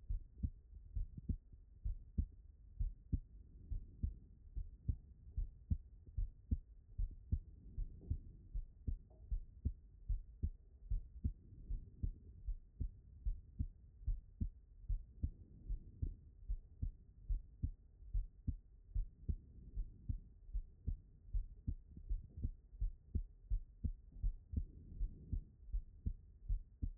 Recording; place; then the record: heart sounds by stethoscope; pulmonary valve (PV)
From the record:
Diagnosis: non-HFrEF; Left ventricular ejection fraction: 60%